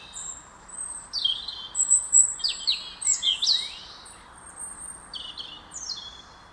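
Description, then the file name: European robin singing a long varied phrase of high, thin whistles, quick descending slides and trills, fading gradually, with soft background hiss. "Erithacus rubecula"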